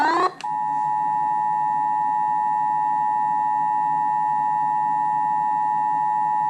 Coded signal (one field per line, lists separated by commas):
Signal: Emergency Alert System (SAME) tones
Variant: 853 and 960 Hz attention tone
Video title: Running your station on satellite be like... | EAS #522-525 (Severe Weather Alerts from 5/23/2024)